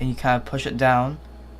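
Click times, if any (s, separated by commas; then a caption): none. A RAM module is being handled for insertion into the memory slot of an HP Pavilion 15 au123cl laptop, pushed down at an angle, while someone talks. Nothing has seated or clicked yet; the clip ends before the module snaps into place.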